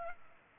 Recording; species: mosquito wingbeat signal from an infrared sensor; Culex pipiens